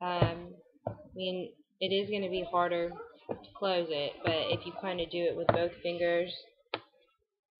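Someone talks while handling the hinged lid of a plastic travel wipe case, with fabric trim glued around the inside, pressing it toward its base with both fingers. A short sharp tap sounds at about 6.7 s near the end, but the lid has not snapped closed and nothing has seated yet.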